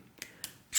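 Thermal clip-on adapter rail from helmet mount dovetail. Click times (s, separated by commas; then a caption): 0.2 s, 0.4 s. A thermal clip-on adapter rail is released from the dovetail of a Wilcox G24 helmet mount. Two sharp, bright clicks sound at 0.2 s and 0.4 s, followed by a rising burst of hissy, scraping noise at the very end. The rail disengages from the dovetail.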